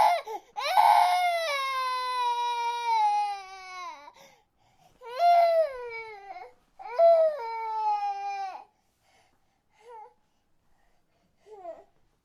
Baby cry long.